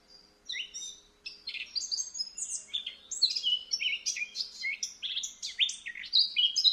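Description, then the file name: Eurasian blackcap song, a fast, varied warble of high, scratchy and whistled notes tumbling together without pause, rising in energy after a brief quiet start. "Sylvia atricapilla"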